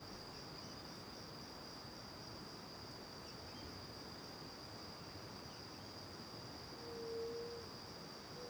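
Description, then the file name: Cricket song as a thin, steady high-pitched trill held throughout, with a soft low whistle near the end and a constant background hiss. Recorded in the morning with back to the river near the Angelica cave; crickets first far away, then nearby; AB stereo recording. "De costas para o rio perto da caverna angelica de manha, varios passaros, grilos longe e depois perto, gravacao em ab"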